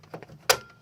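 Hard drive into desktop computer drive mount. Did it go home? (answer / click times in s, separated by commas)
yes / 0.5 s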